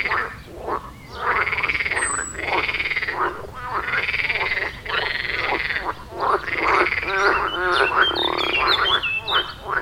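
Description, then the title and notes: Frog chorus with loud, long rolling croaks and rattling calls overlapping continuously, a few high bird chirps faintly above. Frog chorus at the village pond in Wohlsborn, Germany; recorded with a TASCAM DR-40X. "Wohlsborn, Deutschland - Froschkonzert. Frog concert. Froschkonzert am Dorfteich in Wohlsborn"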